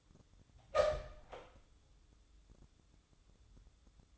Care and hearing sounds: daily activity, microphone in the room; open door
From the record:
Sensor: 3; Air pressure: 1004.9 hPa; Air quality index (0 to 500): 74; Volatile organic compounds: 2 ppm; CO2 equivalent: 1119 ppm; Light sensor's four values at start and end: 8/20/8/8 and 8/20/8/8

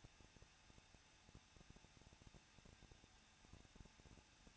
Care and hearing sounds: daily activity, microphone in the room; no activity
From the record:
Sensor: 2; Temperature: 21.0 degrees Celsius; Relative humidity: 37.5%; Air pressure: 1006.2 hPa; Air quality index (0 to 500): 223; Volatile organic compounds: 25 ppm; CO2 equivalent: 2839 ppm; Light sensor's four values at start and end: 2/3/2/2 and 2/3/2/2

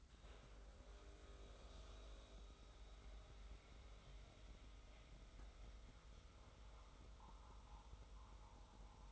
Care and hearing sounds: daily activity, microphone in the room; make coffee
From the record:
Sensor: 3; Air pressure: 990.8 hPa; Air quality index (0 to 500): 152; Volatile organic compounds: 530 ppm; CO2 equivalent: 4858 ppm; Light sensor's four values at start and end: 37/89/36/33 and 37/88/36/33

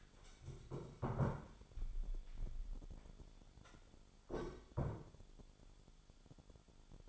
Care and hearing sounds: daily activity, microphone in the room; stand up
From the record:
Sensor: 5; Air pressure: 1015.4 hPa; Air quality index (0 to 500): 172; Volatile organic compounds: 6 ppm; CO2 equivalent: 1871 ppm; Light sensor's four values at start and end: 36/83/33/32 and 36/83/33/32

